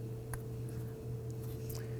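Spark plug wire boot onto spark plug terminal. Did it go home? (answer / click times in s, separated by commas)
yes / 0.3 s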